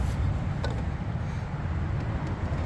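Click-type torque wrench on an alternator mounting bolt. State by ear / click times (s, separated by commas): torque reached / 0.6 s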